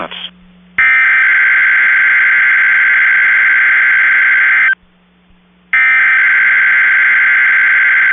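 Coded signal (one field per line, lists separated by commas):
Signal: Emergency Alert System (SAME) tones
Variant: header bursts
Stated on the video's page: NOAA Weather Radio KHB36 Manassas Required Weekly Test, received through a WebSDR.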